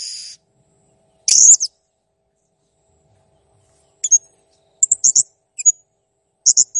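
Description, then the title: Blue-crowned hanging parrot making sharp, very high shrill squeaks in scattered short bursts separated by a long silent gap. Clear, lively song used to tutor cage songbirds. "Masteran Burung Serindit Ll Masteran Serindit Gacor Jernih"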